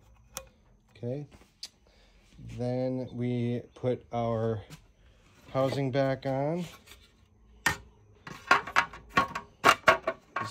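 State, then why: Seated. A plastic housing cover is pressed back onto a Grundfos Scala 2 water pump body during reassembly after a repair. Someone talks, then several handling knocks follow. The cover clicks into place at 10.4 seconds and is seated.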